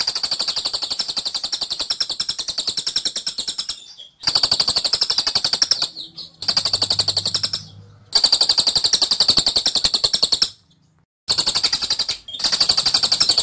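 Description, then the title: Scaly-crowned honeyeater song: long bursts of very fast, sharp, high ticking notes in a steady machine-gun rattle, broken by several brief pauses. Rapid-fire 'tembakan' song style, described as dense, insistent and long-lasting from an actively singing bird; used as a training recording for Oriental magpie-robins. "Tembakan Cililin Rapat Ngotot Durasi Panjang Suara Cililin Gacor Untuk Masteran Murai Batu"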